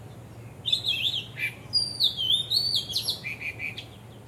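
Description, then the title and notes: Bird song: a lively run of high whistled and warbled phrases, some notes sliding up and down, others short and chirpy, over a steady low hum. Birds singing vigorously at Wu Kai Sha, Hong Kong, on 15 December 2006; recorded with AKG condenser microphones in XY stereo. "香港 烏溪沙 雀鳥勁唱歌 Date: 15 December 2006"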